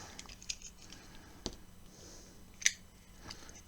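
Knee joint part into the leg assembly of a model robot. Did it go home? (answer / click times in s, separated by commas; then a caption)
yes / 2.7 s. A knee joint part is pressed into the right knee assembly of a plastic and metal partwork model robot, before being secured with screws. Faint ticks and light handling sounds come through at 0.2, 0.5, 1.5 and 3.3 seconds, with the loudest sharp click at 2.7 seconds. That click is when the part locks into place, and it is confirmed seated.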